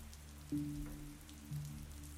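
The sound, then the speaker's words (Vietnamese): Quiet, steady rain patters on a surface, a soft hiss of drops under a low background hum, with two slightly louder swells of sound about a second apart. “Mưa gió nó không lo về nhà mà gà qué.”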